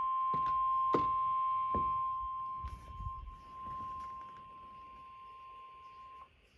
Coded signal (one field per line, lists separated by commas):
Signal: Emergency Alert System (SAME) tones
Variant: 1050 Hz attention tone